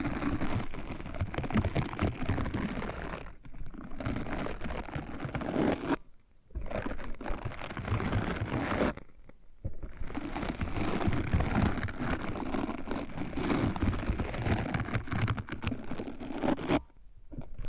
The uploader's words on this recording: ASMR Hypnotic First Person Triggers Ear Scratching, Face Brushing etc (No Talking).